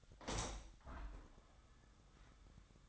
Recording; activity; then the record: daily activity, microphone in the room; open window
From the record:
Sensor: 3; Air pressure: 1004.7 hPa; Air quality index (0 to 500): 82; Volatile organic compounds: 2 ppm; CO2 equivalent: 1251 ppm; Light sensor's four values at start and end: 7/16/6/6 and 7/17/6/6